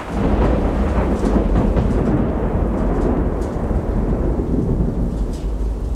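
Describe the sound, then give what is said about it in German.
A thunderstorm breaks out at the harbour of Bastia, roaring steadily, deep rumbling thunder rolling beneath a constant hiss of heavy rain, loud and unbroken for the whole stretch with no voices. “Das Unwetter brach los mit aller Macht, als wir buchstäblich in letzter Sekunde den Hafen von Bastia erreichten.”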